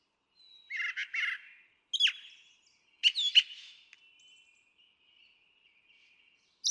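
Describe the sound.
Brown Thrasher song: a few separated phrases, a doubled burry note, a sharp downslur and a paired chirp, then a long quiet pause.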